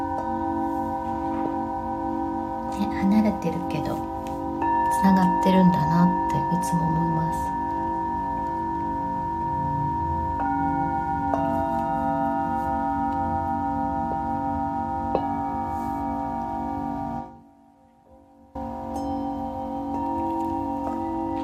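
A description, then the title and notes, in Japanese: A singing bowl rings in a steady, layered hum, with long sustained tones and a low drone underneath. Around three to seven seconds a few brighter, wavering tones and light taps rise over it. Near eighteen seconds the sound briefly cuts out before resuming. メキシコから シンギングボウルのサウンドヒーリング ライブ。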